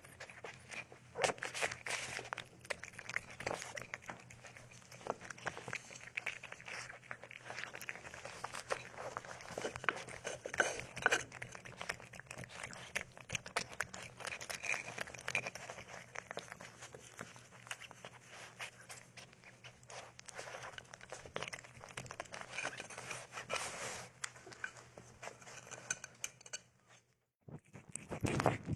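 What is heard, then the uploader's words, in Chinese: A cat eats, with dense, quick crunching and small clicks against a dish carrying on almost without pause. A faint steady low hum sits underneath. Near the end the chewing stops briefly, then a louder knock follows. 猫咪进食、睡觉、玩耍的声音。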